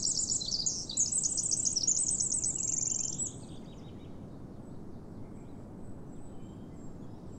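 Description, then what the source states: Pacific wren song, a quick burst of high sparkling trills lasting about three seconds, then only a low steady background hiss. Singing perched out in the open, further down a dune in the park named for Lewis and Clark; species creeps along the ground and under logs and upturned tree roots; possibly smallest bird there.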